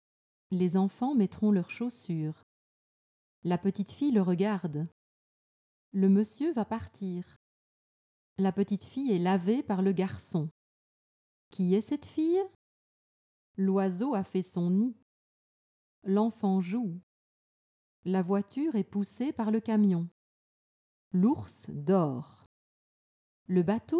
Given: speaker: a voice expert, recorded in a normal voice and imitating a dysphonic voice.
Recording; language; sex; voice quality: read sentences; French; female; normal voice